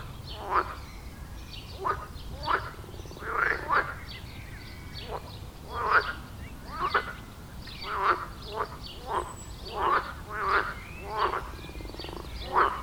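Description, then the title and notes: Frog chorus of rattling croaks repeating throughout, some calls doubled in quick succession. Frog concert at the village pond in Wohlsborn, Germany; recorded with a TASCAM DR-40X. "Wohlsborn, Deutschland - Froschkonzert. Frog concert. Froschkonzert am Dorfteich in Wohlsborn. Aufgenommen mit TASCAM DR-40X"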